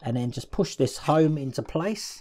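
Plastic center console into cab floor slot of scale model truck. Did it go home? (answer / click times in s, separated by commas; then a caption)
no / none. A plastic center console for a 1:24 scale FDNY Ladder 9 fire truck model is lined up so the slot at its bottom meets the matching slot in the cab floor, ready to be pushed home. Throughout the clip someone talks, with no distinct impacts heard. Nothing has seated or clicked yet.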